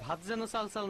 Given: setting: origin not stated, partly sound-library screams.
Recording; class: one-second piece from a danger detection set; normal situation